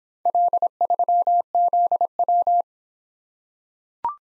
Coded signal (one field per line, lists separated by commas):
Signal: Morse code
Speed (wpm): 26 wpm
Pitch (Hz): 700 Hz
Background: none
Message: L3ZW